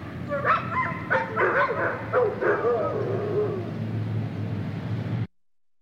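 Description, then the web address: Dog barking: a burst of quick yelping barks sliding into drawn-out howling whines before stopping abruptly. Barking and howling in a kennel. "dog kennel barking and howling animal"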